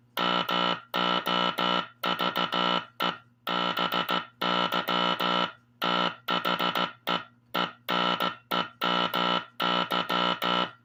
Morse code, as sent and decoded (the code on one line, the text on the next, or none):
-- --- ...- . / -... -.-- / - .... . / . -. . -- -.--
MOVE BY THE ENEMY